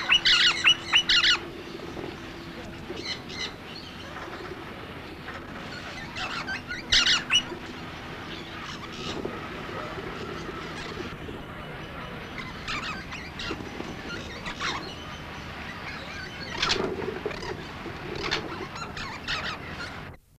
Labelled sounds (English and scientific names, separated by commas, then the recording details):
Australian Ringneck (Barnardius zonarius) call
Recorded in captivity
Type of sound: call
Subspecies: barnardi
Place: Vogelpark Walsrode, Niedersachsen, DE
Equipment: Halbspur, 9,5 cm/s
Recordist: Lütgens, Hans